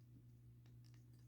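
A plastic limb piece of a Transformers Legacy Dinobot action figure is rotated downward toward the adjoining body piece during transformation, a part that can be hard to click in without wiggling. Over a steady low hum, brief faint scratchy plastic handling sounds come at about 0.6, 0.8 and 0.9 s. Nothing has seated or clicked yet.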